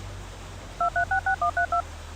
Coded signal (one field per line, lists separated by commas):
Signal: DTMF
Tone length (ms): 110 ms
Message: 2366132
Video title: EAS Alerts - Tornado: Research and Rescue